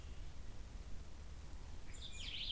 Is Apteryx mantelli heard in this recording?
no